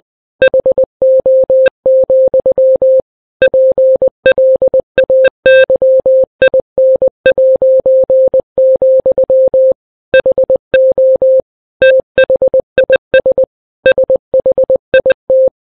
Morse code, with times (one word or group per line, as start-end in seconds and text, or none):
0.4-3.0 HO,
3.4-9.7 PLAYIN',
10.1-11.4 HO
11.8-13.4 THIS
13.9-15.5 SHIT